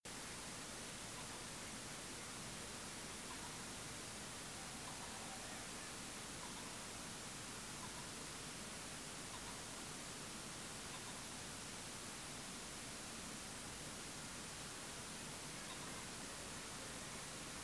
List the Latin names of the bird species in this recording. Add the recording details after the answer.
Phasianus colchicus. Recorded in France